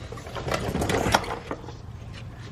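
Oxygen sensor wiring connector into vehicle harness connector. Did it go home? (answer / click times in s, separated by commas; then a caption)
yes / 1.1 s. Under a 2018 Toyota RAV4 with the 2.5L engine (2013-2018 generation), the new downstream oxygen sensor's plastic electrical connector is plugged by hand into the vehicle's harness plug. Handling and fumbling noises build until a sharp snap at 1.1 s, followed by lighter rustling. The connector snaps fully into place and is seated.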